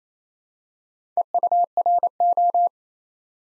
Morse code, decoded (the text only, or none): EURO